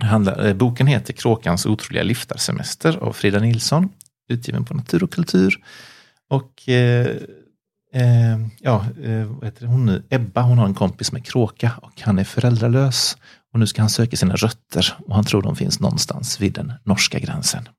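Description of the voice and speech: An adult male voice speaks Swedish, introducing a children's book and its plot in a steady, low-pitched voice. There are ordinary hesitations, with several 'eh' fillers and a two-second pause while searching for a name. Otherwise the flow is smooth and typical of conversational speech.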